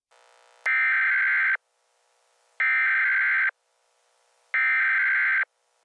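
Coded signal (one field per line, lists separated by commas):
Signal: Emergency Alert System (SAME) tones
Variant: header bursts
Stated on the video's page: Fake EAS mock alert for an alien attack.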